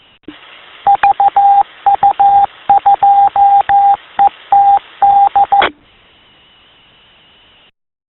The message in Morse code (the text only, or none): VU2ETD